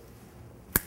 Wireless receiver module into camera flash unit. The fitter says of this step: there's your Q flash here's your wireless receiver set it to the channel you want it just snaps into place